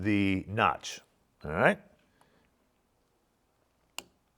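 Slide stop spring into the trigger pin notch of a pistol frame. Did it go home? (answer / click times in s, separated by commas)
yes / 4.0 s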